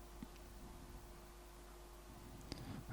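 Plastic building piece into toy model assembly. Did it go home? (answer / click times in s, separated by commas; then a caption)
no / none. A plastic building piece is fitted into a toy model assembly but faces the wrong way and has to be spun around. Only small plastic contact taps are heard, the sharpest at about 2.5 s, over a quiet steady background. Nothing has clicked into place yet.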